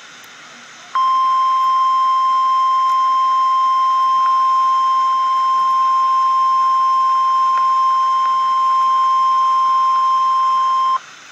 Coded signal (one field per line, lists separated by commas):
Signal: Emergency Alert System (SAME) tones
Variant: 1050 Hz attention tone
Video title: REAL EAS 697-Severe thunderstorm watch